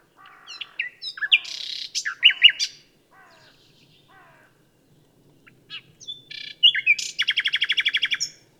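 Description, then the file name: Common nightingale singing varied phrases of chirps, buzzy notes and whistles, a pause, then a rapid even trill of repeated notes at the end. "Luscinia megarhynchos"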